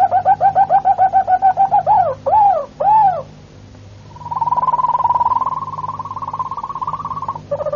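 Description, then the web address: Harz Roller canary song: a run of low, even repeated notes, two swelling hollow notes, then a long smooth rolling trill and a short final phrase, over a steady low hum. Harz-type canary song. "canarios cantoharz"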